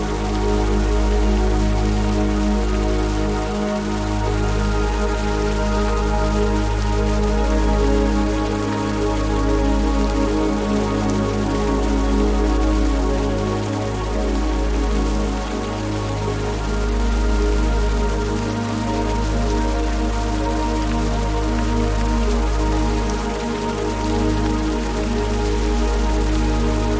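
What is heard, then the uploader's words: Gentle rain patters steadily behind slow, soft music. Deep sustained chords shift about every five seconds, with warm low tones holding under a continuous, even hiss of rainfall that stays level throughout. Relaxing Music and Rain Sounds. The gentle patter of rain.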